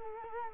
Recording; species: mosquito wingbeat signal from an infrared sensor; Culex quinquefasciatus